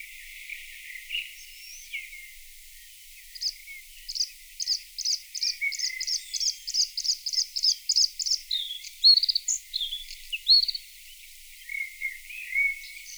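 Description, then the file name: Bluethroat song: quiet scattered notes build into a rapid series of ringing, repeated metallic notes, followed by varied twitters and short whistled phrases. Played back. "Blaahals"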